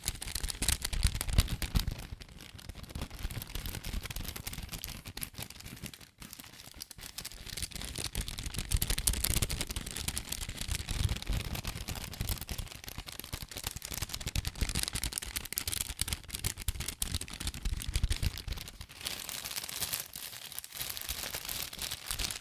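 Fast tapping, scratching and tracing on cardboard and paper, a dense run of small crisp clicks and rough scrapes with no pause. The texture is bright and papery, with soft low thumps underneath. A brief near-silent dip falls at about six seconds.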